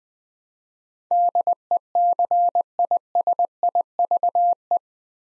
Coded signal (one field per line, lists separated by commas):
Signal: Morse code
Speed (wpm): 20 wpm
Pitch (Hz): 700 Hz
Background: none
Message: DECISIVE